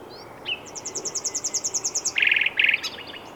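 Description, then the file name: Common nightingale song: a measured series of about a dozen clear repeated notes, followed by two loud rapid rattling bursts. "Luscinia megarhynchos"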